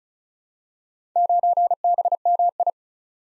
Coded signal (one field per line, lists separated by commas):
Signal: Morse code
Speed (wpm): 36 wpm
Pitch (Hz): 700 Hz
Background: none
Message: 9BMI